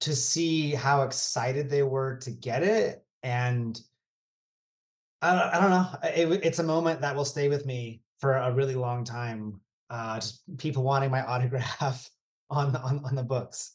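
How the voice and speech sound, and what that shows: Adult man speaking with stuttering, more than usual for him, with repeated words and phrases and pauses.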